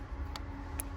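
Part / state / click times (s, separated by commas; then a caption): crimped terminal into plastic connector housing on a car heater panel loom / seated / 0.4 s, 0.8 s. Crimped terminals on the CAN lines (pins 22–26) of a car heater panel wiring loom are pushed back into their plastic connector housing to restore the CAN connection. Two short, sharp clicks are heard at 0.4 s and 0.8 s over a steady low hum. The terminals seat firmly in the housing.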